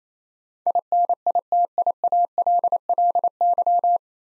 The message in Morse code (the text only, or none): INITIALLY